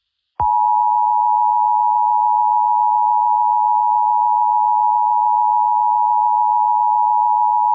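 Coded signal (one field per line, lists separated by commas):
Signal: Emergency Alert System (SAME) tones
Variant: 853 and 960 Hz attention tone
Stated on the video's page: Fictional EAS scenario, a Halloween special.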